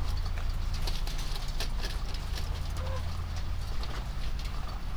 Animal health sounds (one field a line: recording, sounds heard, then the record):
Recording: poultry house recording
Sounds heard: sick chickens (respiratory disease)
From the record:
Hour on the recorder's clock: 21